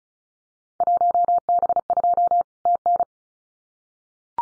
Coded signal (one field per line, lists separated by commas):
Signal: Morse code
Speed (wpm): 34 wpm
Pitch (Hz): 700 Hz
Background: none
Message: 1B2 TN